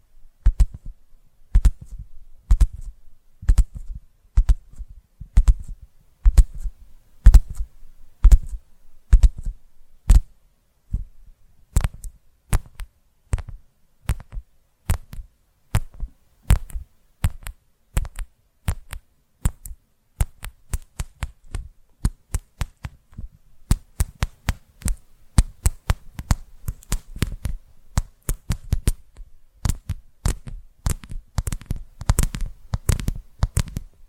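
Tapping sounds run throughout, a long series of sharp, dry taps with a soft low thump under each one. The pace is fairly quick and mostly regular, with a few brief pauses around ten and twenty seconds, and the taps grow denser and heavier near the end.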